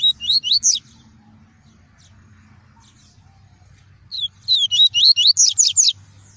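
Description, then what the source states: Double-collared seedeater song in two phrases: bursts of fast, high, slurred whistles, the second phrase longer; steady low hum beneath. "Tui-tui" song variety.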